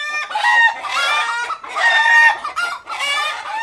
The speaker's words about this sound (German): In den steilen Gässchen gackern freilaufende Hühner.